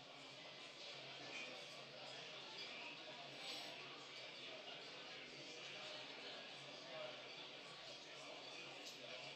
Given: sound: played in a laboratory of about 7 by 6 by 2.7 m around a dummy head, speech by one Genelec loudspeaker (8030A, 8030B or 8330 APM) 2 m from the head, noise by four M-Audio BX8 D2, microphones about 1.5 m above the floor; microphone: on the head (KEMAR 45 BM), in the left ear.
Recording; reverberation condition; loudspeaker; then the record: cafeteria noise; medium; four, about 170 cm from the corners of the room and facing them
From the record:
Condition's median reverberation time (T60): about 510 ms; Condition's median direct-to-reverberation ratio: about -0.5 dB